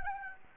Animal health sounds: mosquito wingbeat signal from an infrared sensor; Anopheles gambiae

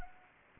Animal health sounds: mosquito wingbeat signal from an infrared sensor; Anopheles arabiensis

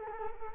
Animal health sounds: mosquito wingbeat signal from an infrared sensor; Culex quinquefasciatus

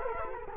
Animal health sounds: mosquito wingbeat signal from an infrared sensor; Culex quinquefasciatus

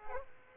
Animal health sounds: mosquito wingbeat signal from an infrared sensor; Aedes aegypti

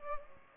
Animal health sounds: mosquito wingbeat signal from an infrared sensor; Culex pipiens

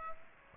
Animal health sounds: mosquito wingbeat signal from an infrared sensor; Aedes aegypti

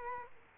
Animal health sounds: mosquito wingbeat signal from an infrared sensor; Culex quinquefasciatus

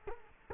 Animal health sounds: mosquito wingbeat signal from an infrared sensor; Culex quinquefasciatus

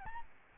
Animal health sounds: mosquito wingbeat signal from an infrared sensor; Aedes albopictus

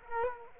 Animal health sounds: mosquito wingbeat signal from an infrared sensor; Culex quinquefasciatus

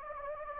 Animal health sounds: mosquito wingbeat signal from an infrared sensor; Anopheles gambiae

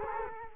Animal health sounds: mosquito wingbeat signal from an infrared sensor; Culex quinquefasciatus

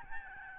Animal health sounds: mosquito wingbeat signal from an infrared sensor; Aedes albopictus

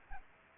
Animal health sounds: mosquito wingbeat signal from an infrared sensor; Aedes aegypti

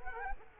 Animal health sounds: mosquito wingbeat signal from an infrared sensor; Culex quinquefasciatus

